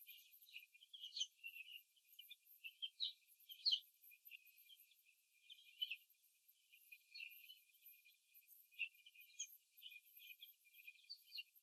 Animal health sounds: young laying hens in a cage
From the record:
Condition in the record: after the stressor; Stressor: simulated dog barking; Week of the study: 2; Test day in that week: 3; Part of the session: 1

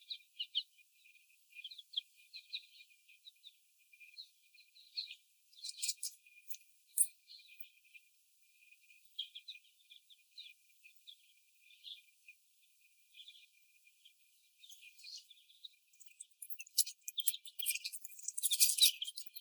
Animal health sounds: young laying hens in a cage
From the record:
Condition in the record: before the stressor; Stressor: sudden umbrella opening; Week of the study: 1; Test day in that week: 1

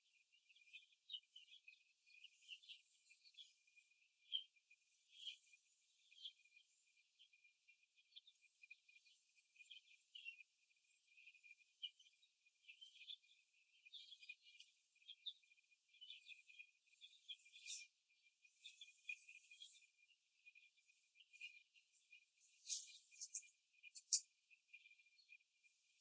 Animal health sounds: young laying hens in a cage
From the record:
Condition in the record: after the stressor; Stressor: simulated dog barking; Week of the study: 2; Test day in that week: 2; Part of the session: 2

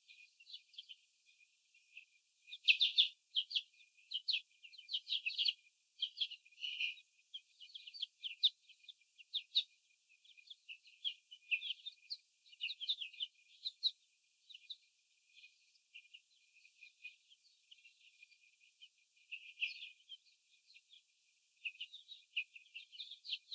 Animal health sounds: young laying hens in a cage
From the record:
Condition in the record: after the stressor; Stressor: sudden umbrella opening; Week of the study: 3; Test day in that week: 2

